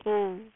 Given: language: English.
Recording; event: throat vibration sensor signal played as sound; speech